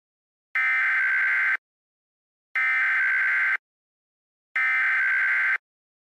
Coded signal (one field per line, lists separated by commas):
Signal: Emergency Alert System (SAME) tones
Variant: header bursts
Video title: EAS Scenario: Florida Weather Disaster